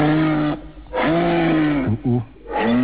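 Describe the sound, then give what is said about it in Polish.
A moose calls in long, low, moaning bellows, three drawn-out harmonic groans with short pauses between them, loud and with no voices over them. “Słuchaj, w sobotę, kiedy gościliśmy w parku, rozmówczyni Marty Januszewskiej stwierdziła, że łoś jest tak brzydki, że aż piękny. Jak to skomentujesz?”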